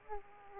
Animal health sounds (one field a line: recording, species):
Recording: mosquito wingbeat signal from an infrared sensor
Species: Aedes aegypti